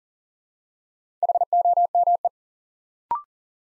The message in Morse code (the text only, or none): HOME